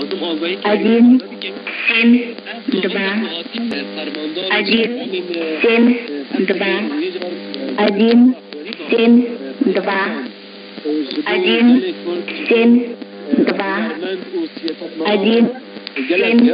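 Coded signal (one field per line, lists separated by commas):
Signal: numbers station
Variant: S06s, Russian female voice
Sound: female voice reading short spoken words, likely Russian numbers, evenly spaced with brief pauses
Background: shortwave radio audio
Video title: 20 05 2021 Number station S06s Russian Lady in Russian to Eu 0730 on 11530 unknown tx site in CUSB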